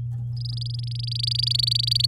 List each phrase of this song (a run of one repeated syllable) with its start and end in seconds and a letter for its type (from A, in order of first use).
0.37-2.06 A